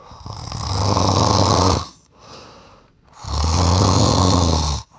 Rumbling resonant rhythmic loud human. Deep rhythmic snoring.